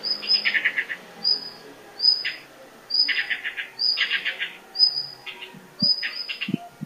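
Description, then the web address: Blue-and-white flycatcher song: short phrases roughly every second, each opening with a thin high whistle and dropping into lower, slightly buzzy warbled notes. "kiracladays. ooruri"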